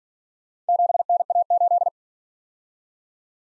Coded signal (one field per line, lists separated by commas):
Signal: Morse code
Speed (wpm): 46 wpm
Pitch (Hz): 700 Hz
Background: none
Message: 7NA8